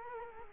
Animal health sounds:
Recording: mosquito wingbeat signal from an infrared sensor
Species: Culex quinquefasciatus

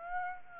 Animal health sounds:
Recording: mosquito wingbeat signal from an infrared sensor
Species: Aedes aegypti

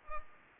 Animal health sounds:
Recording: mosquito wingbeat signal from an infrared sensor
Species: Culex pipiens

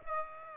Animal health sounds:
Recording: mosquito wingbeat signal from an infrared sensor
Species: Aedes aegypti

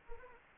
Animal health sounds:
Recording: mosquito wingbeat signal from an infrared sensor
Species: Anopheles arabiensis

